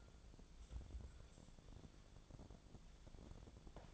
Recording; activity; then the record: daily activity, microphone in the room; take from stove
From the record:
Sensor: 5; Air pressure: 1000.1 hPa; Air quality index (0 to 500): 94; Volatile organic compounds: 1 ppm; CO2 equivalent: 770 ppm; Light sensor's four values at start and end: 349/809/355/399 and 339/790/346/387